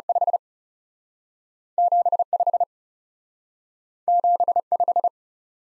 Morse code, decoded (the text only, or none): 5 7 5 7 5